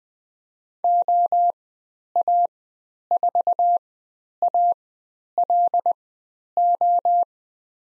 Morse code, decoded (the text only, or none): OA4ALO